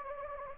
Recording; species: mosquito wingbeat signal from an infrared sensor; Anopheles gambiae